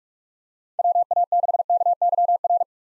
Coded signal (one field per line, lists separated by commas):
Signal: Morse code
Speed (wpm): 44 wpm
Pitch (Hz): 700 Hz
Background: none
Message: WA6KYR